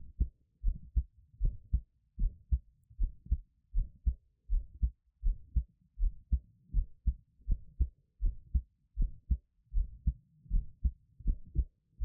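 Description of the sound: Steady paired low thumps, about 79 beats a minute: a regular adult heartbeat recorded up close with no talking, offered as an ASMR piece.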